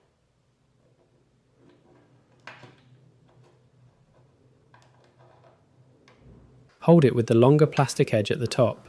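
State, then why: Not seated. A new plastic housing mirror for a Bosch dishwasher door is unpacked and turned by hand to orient it before fitting. Soft handling rustles and light plastic taps are heard, the sharpest near 2.5 s, with smaller ticks around 4.7 s and 6.1 s, and then someone talks from about 6.8 s. Nothing has seated or clicked into place yet.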